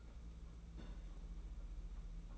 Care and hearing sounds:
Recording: daily activity, microphone in the room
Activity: place on stove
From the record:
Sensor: 1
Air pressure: 992.0 hPa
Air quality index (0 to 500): 217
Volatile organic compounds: 1000 ppm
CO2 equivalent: 8464 ppm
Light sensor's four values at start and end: 21/75/29/29 and 21/75/29/29

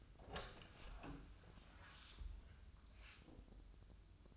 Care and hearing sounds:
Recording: daily activity, microphone in the room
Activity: open door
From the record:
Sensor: 2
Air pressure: 1004.8 hPa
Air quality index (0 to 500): 69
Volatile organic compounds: 1 ppm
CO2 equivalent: 814 ppm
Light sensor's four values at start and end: 7/17/7/7 and 7/18/7/7

